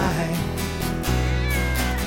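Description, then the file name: Cat giving a sustained deep yowl that steps lower about halfway and then holds. During a cat fight. "cat fight"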